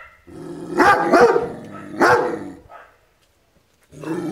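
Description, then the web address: Dog barking, a few rough barks close together, a pause, then another bark. "cao a ladrar som de cao a ladrar ouvir"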